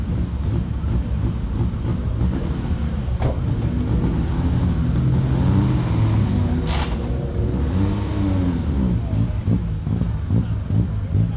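Cars starting up and idling, a dense low engine rumble that holds steady throughout, with rising and falling engine tones in the middle as revs change. A short sharp hiss comes near the seventh second, and quick rhythmic pulses show up toward the end.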